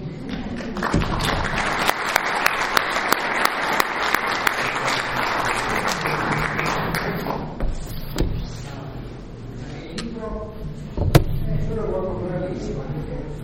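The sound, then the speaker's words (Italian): Audience applause at a book presentation fills the first seven seconds as a dense, steady patter of many hands clapping, then thins out and fades as voices and murmuring chatter take over with a few stray claps. “e niente, applaudo io voi per essere qui.”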